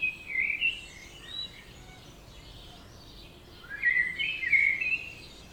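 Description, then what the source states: Birds singing in a dawn chorus, bright high chirping phrases in two bursts separated by a quieter stretch with only faint background twittering. Dawn chorus recorded at 4am in Oberhofen, Inntal, Austria; binaural recording.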